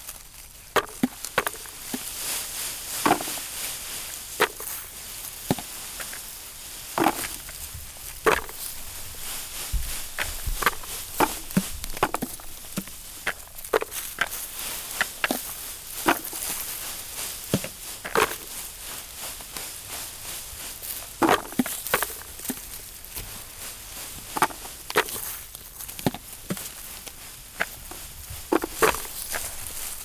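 In a chestnut grove, sharp cracks and crunching snaps come at irregular, frequent intervals throughout, over a steady bright hiss in the background.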